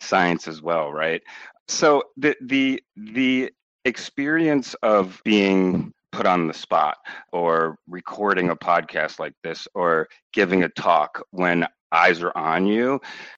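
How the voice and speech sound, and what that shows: A low-pitched adult man who stutters speaks in short bursts broken by pauses, repeating a whole word three times ("the the the") and drawing out filler vowels before continuing. These repetitions and prolongations are stuttering, a developmental fluency disorder.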